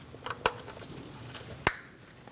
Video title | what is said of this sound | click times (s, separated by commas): How to Replace Spark Plugs 2020-2027 Toyota Corolla | Make sure you hear that click. | 0.5 s, 1.7 s